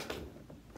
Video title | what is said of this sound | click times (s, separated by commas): Allis Plume Stroller Full Demo & Review - NEW 2019 Compact Stroller | press it all the way till it clicks, and | 0.1 s